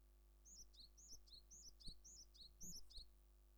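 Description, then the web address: Japanese tit singing a quick repeated two-note phrase, a high whistle dropping to a lower note, several times over a low steady hum and faint knocks. "Parus minor song"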